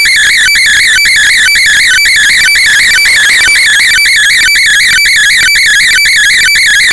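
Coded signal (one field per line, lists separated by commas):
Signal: weather fax (radiofax)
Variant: JMH, 120 lines per minute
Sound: rapidly warbling tone with a steady click-like beat twice each second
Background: radio static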